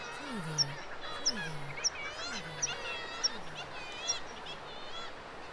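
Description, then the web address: Black-legged Kittiwakes in a noisy chorus of wavering nasal calls, with sharp high clicks repeated a little under a second apart and a low swooping sound recurring throughout. Nesting birds. "windybeachaudio. KITTIWAKE NESTING"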